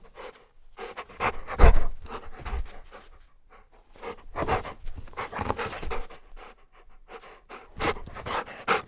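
Golden Retriever panting: rough breaths in bursts, pausing between bouts.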